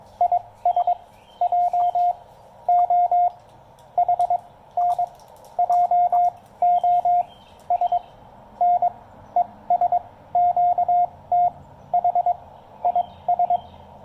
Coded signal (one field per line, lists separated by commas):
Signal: Morse code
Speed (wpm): 21 wpm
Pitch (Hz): 710 Hz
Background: none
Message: IS JOHN JOSN ES QTH IS